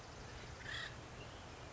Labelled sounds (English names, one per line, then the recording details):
Acorn Woodpecker
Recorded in Sonoma County, California